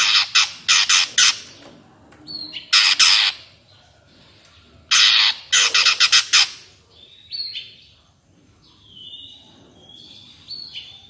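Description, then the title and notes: Greater green leafbird song of rapid harsh chattering bursts in groups, followed by several clear whistled notes. Bird singing vigorously (gacor) in ngentrok style with crest raised; recording meant as a master track for training caged greater green leafbirds. "Cucak Ijo Gacor Ngentrok Jambul Nembak. suara burung cucak ijo gacor, merdu cocok buat masteran burung cucak ijo"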